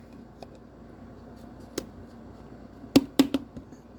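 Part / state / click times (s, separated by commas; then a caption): lid onto its container / seated / 3.0 s, 3.2 s. A lid is pressed down onto its container and clicks into place, seated, with two sharp snaps at 3.0 and 3.2 seconds. A few fainter ticks come at about 0.4, 1.8 and 3.3 seconds over a low, steady background hum.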